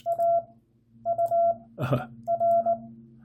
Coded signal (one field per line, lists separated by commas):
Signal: Morse code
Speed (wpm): 20 wpm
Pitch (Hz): 680 Hz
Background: none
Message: AUR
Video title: CW ops! What's WRONG with you people, anyways?